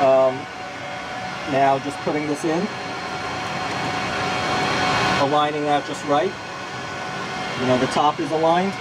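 A network card assembly is placed into a slot in a Dell R540 server chassis and lined up by hand while someone talks over a steady broadband hum. Nothing has seated or clicked yet; the card is snapped home a few seconds later.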